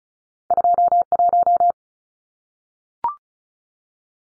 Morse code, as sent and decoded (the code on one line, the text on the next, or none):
..--- .----
21